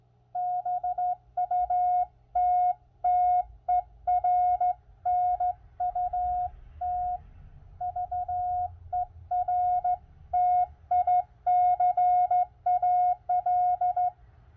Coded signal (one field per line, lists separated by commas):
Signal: Morse code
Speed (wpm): 15 wpm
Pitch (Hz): 720 Hz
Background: none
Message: BUTTERNUT VERTICAL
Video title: How good is it for a new ham?